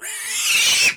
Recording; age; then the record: pig call; piglet (1 to 25 days)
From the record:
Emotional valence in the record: negative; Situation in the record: castration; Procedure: castration, cut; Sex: male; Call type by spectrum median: high-frequency call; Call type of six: high-frequency modulated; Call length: 0.97 s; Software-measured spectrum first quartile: 2724 Hz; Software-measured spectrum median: 4156 Hz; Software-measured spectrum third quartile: 6785 Hz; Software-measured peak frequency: 2630 Hz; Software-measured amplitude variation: 83 dB a second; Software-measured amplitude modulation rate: 21.2 a second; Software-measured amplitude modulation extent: 3.9 dB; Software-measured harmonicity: 1.6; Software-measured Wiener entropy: -1.90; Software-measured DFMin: 1286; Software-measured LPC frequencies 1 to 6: 2651, 4247, 5496, 5899, 7397, 8363 Hz